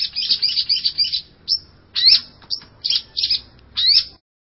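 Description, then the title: Long-tailed shrike song in short bursts of scratchy, chattering notes with brief slurred whistles, separated by gaps of under a second. "Cendet Pentet"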